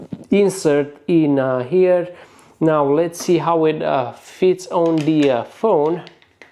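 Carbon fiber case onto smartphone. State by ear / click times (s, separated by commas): not seated / none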